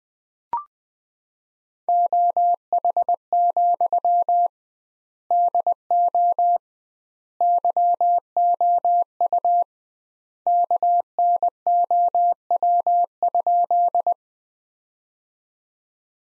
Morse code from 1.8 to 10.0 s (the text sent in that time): OH, DO YOU